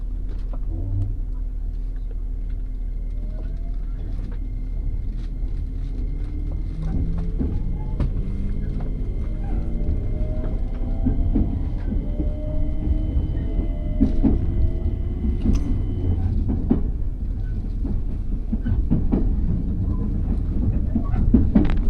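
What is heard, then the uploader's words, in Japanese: A train ride heard from inside, with a steady low rumble and frequent clicks and knocks from the wheels. Thin whining tones rise and fall in the middle, and a high steady tone runs from about two to sixteen seconds. The noise grows slightly louder toward the end. 鉄道旅 佐賀→博多→中洲川端→呉服町。佐賀からリレーかもめ50号で博多まで行き、福岡市営地下鉄に乗り換えて空港線で中洲川端へ。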